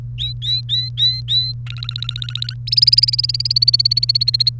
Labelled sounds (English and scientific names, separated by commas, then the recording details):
Domestic Canary (Serinus canaria) song
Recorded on 1 May 2018 at 11:31
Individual llb3